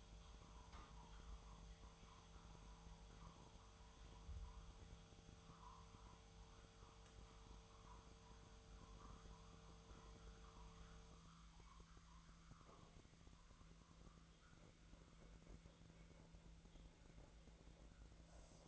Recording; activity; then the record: daily activity, microphone in the room; make coffee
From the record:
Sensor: 3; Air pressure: 1009.4 hPa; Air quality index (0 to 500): 198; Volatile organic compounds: 17 ppm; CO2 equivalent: 2569 ppm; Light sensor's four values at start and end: 33/83/35/38 and 33/84/35/38